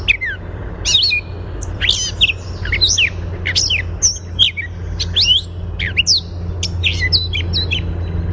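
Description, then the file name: Gray catbird giving a rapid medley of squeaky, whistled and harsh notes, continuing throughout over a steady low hum. "GRCA song"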